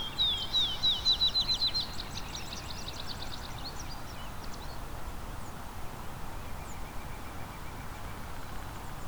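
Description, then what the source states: Swallow giving a quick run of high, bright twittering chirps in the first two seconds, then softer scattered chirps over steady outdoor background noise. A swallow flying right above the recordist.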